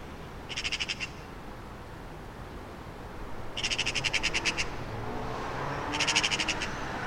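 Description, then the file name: Eurasian magpie chattering: three harsh, rattling bursts of fast repeated notes, each about half a second to a second long. "Pica pica"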